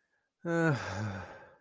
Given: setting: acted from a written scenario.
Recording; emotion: vocal sound without words; guilt